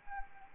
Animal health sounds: mosquito wingbeat signal from an infrared sensor; Anopheles arabiensis

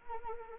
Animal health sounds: mosquito wingbeat signal from an infrared sensor; Anopheles arabiensis

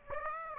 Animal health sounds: mosquito wingbeat signal from an infrared sensor; Aedes aegypti

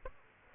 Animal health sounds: mosquito wingbeat signal from an infrared sensor; Aedes aegypti

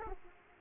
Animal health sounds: mosquito wingbeat signal from an infrared sensor; Aedes aegypti

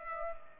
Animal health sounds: mosquito wingbeat signal from an infrared sensor; Culex pipiens

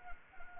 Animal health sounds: mosquito wingbeat signal from an infrared sensor; Anopheles arabiensis

